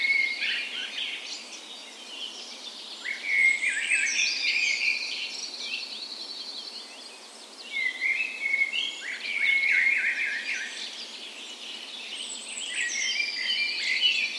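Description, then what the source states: Dawn chorus of several birds, warbling and chirping phrases, a thin high note followed by a descending trill twice, under continuous faint hiss. Dawn chorus in a park west in Bergen, Norway, on the morning of 17 May, Norway's National Day, in full spring; recorded with Sony PCM A10 and LOM Usi microphones as tree ears.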